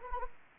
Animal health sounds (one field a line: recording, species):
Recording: mosquito wingbeat signal from an infrared sensor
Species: Anopheles arabiensis